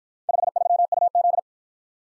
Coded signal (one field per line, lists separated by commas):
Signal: Morse code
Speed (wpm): 53 wpm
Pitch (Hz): 700 Hz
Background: none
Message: 53UZ